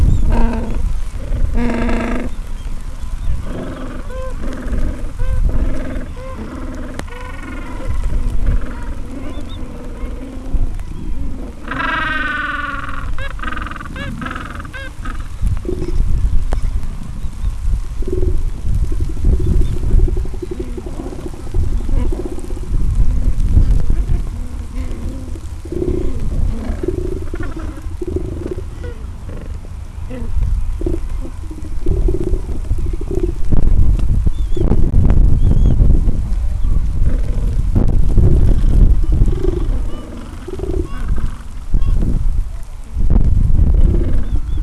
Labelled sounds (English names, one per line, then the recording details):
Gentoo Penguin
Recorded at the colony at Gold Harbour, on 26 December 2014
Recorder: Song Meter SM2+